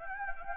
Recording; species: mosquito wingbeat signal from an infrared sensor; Anopheles gambiae